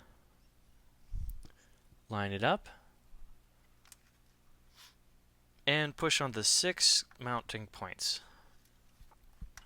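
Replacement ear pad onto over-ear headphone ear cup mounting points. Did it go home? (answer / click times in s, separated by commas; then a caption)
yes / 9.6 s. A replacement ear pad is lined up and pushed onto the six mounting points of the ear cup of a Sony WH1000XM2 over-ear headphone while someone talks. Faint handling taps are heard, then a sharp click at 9.6 s as the pad seats into place.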